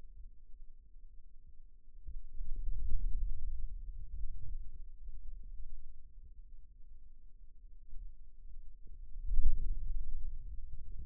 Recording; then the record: forearm muscle sounds (acoustic myography)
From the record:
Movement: hand closing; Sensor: system 2, bracelet of six BSWA MPA416 microphones around the upper forearm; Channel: 2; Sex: male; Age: 22 years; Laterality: right